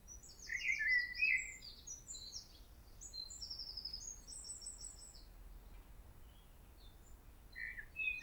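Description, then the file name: Common blackbird delivering a short warbled phrase, while other birds add rapid high twittering and chirps. "Turdus merula"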